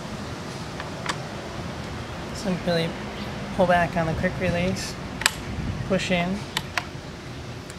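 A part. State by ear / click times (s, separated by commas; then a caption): seated / 6.8 s, 7.7 s. A bit and adapter are pushed into the metal quick-release collar of a tile core drill with the collar pulled back, then turned until they lock. Someone talks while sharp metallic clicks mark the adapter locking into the drill at 6.8 s and 7.7 s.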